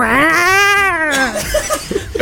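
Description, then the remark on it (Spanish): A startled kitten lets out one loud, drawn-out yowl that bends up and then down in pitch, then falls silent as a few quick scuffling, clattering noises follow. “Sonido de un gatito que se asusta.”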